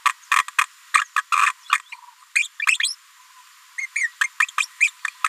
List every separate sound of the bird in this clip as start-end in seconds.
0.05-0.09, 0.31-0.36, 0.58-0.61, 0.94-1.01, 1.17-1.21, 1.47-1.50, 1.72-1.78, 2.35-2.48, 2.83-2.95, 3.78-3.86, 3.96-4.07, 4.24-4.27, 4.58-4.67, 4.80-4.90, 5.05-5.07, 5.24-5.26